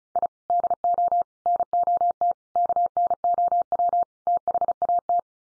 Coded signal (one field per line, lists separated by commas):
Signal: Morse code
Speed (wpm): 34 wpm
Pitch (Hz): 700 Hz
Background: none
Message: I DO NOT KNOW THAT